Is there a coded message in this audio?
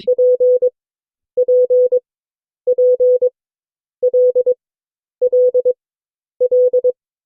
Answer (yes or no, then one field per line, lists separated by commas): yes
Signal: Morse code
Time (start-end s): 0.1-6.9 s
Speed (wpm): 22 wpm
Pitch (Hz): 500 Hz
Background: none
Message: P P P L L L